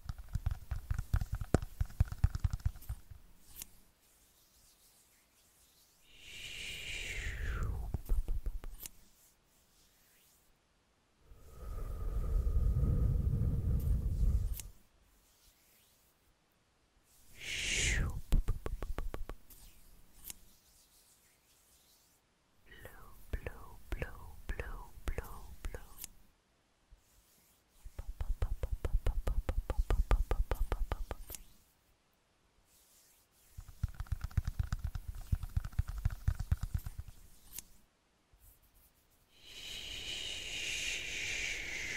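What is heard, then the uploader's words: Quiet mouth and hand sounds come in separate bursts of a few seconds each, broken by short silences. Some bursts are soft low rustling, others carry quick clicking and snipping, and a few end in bright rising squeaks or hisses, around 7, 17 and 41 seconds. ASMR PLUCKING AND PULLING WITH LAYERED SOUNDS, SCISSORS, MOUTH SOUNDS, HAND SOUNDS.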